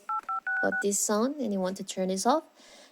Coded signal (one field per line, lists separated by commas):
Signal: DTMF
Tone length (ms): 130 ms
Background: speech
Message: 8566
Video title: How to Turn Off Dialpad Sound on Android